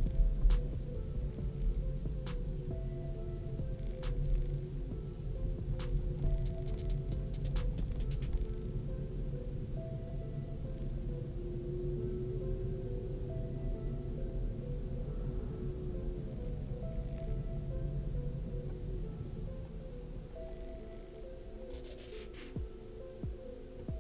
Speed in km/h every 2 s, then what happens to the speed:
21, 17, 17, 18, 18, 21, 23, 23, 22, 19, 0, 0.
0-5 steady at about 17. 5-11 speeds up to 23. 11-17 steady at about 23. 17-19 brakes to 0. 19-24 standing.